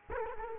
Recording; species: mosquito wingbeat signal from an infrared sensor; Culex quinquefasciatus